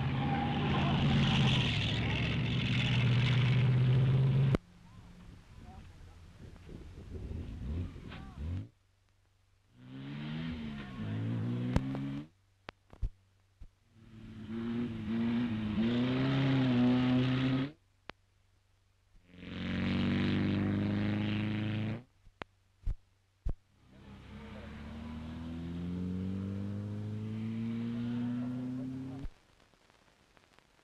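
Race car engines roar in separate bursts, rising and falling in pitch as cars speed past, with abrupt cuts and brief quiet gaps between.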